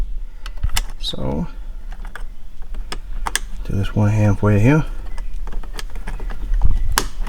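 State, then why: Seated. A wiring connector from the steering wheel harness of an M340i fitted with a new steering wheel, paddles and M1/M2 buttons is plugged one-handed into its mating connector in the steering column area, before the airbag goes back in. Someone talks while scattered small clicks and rustles sound, then a sharp click at 7.0 s marks the connector seating.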